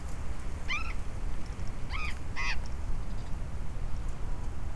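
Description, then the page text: Burrowing parrot giving three harsh, screechy calls, one alone and then a close pair, over a steady low rumble. "Loro Barranquero Cyanoliseus patagonus · Proyecto Impactar Desafío 40 · Biblioteca Digital IADIZA"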